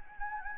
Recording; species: mosquito wingbeat signal from an infrared sensor; Anopheles gambiae